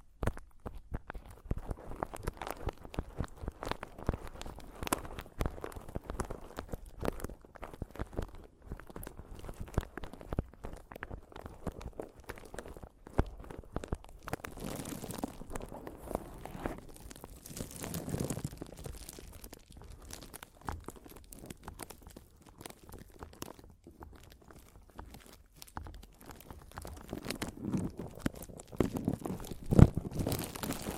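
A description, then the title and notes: Mic tapping and scratching: dense, irregular crunchy scrapes and taps throughout, with heavier rubbing bursts near 15, 18 and 29 seconds. ASMR Mic Tapping and Scratching (No Talking).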